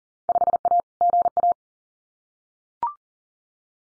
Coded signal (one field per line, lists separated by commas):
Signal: Morse code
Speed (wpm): 38 wpm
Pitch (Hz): 700 Hz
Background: none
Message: 5A GA